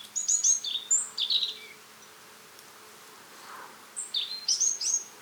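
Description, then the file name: European robin song: two bursts of thin, high, rapidly shifting whistled phrases, with a quiet pause between them. "Erithacus rubecula"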